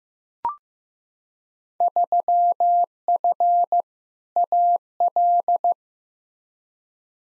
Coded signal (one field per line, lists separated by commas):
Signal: Morse code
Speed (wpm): 15 wpm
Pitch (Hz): 700 Hz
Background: none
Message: 3F AL